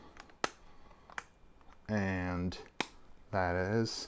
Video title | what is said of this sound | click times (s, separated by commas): THE SOLUTION IS HERE! LG Wing Front Screen Protector | it snaps into place | 0.4 s